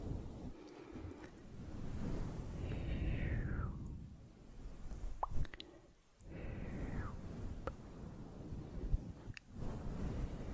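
Soft, slow mouth sounds close up, with a low, dense rustling from fluffy brushing that swells and fades in long waves. Wet clicks and plops land sparsely, around 5, 7.5 and 9 seconds, and two gliding squeaks sweep downward near 3 and 6.5 seconds.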